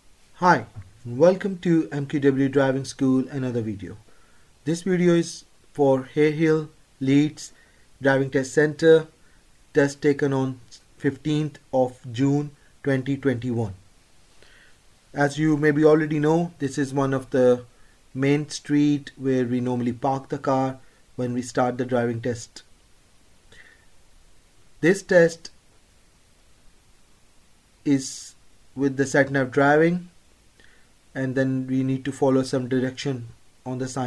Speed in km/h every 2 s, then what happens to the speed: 0, 2, 2, 2, 0, 0, 0, 0, 0, 0, 0, 0, 0, 0, 0, 0, 2.
0-34 standing.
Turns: none.